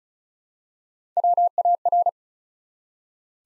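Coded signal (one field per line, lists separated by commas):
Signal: Morse code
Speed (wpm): 36 wpm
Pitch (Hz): 700 Hz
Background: none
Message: WAR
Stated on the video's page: Build-a-word Morse practice at 35 wpm: 3-letter words copied one letter at a time for instant character recognition.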